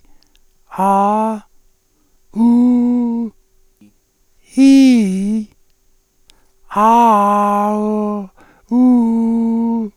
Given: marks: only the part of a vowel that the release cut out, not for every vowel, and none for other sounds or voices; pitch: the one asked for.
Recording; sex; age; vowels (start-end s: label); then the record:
sustained vowels; male; 70 to 79 years
0.80-1.31 s: vowel /a/, high pitch
2.46-3.07 s: vowel /u/, high pitch
4.63-5.35 s: vowel /i/, low-high-low pitch
6.81-7.61 s: vowel /a/, low-high-low pitch
8.80-9.71 s: vowel /u/, low-high-low pitch
From the record:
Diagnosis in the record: cordectomy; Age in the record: 70 years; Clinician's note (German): Zustand danach mit praktisch kompletter Kompensation